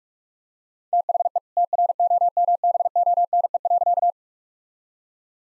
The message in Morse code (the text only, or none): THE TROMBONE.